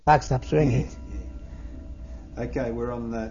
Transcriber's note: clock chimes in background